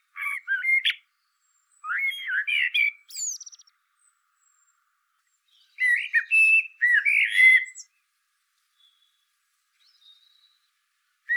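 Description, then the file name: Eurasian blackbird song: three rich, warbled fluting phrases with scratchy high trailing notes, separated by stretches of near silence. "Turdus merula"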